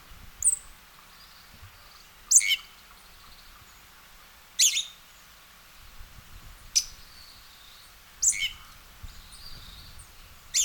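Western red-legged thrush calling repeatedly: sharp high notes, single or paired, every two seconds or so, with faint high tones between calls.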